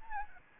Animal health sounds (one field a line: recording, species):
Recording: mosquito wingbeat signal from an infrared sensor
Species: Aedes albopictus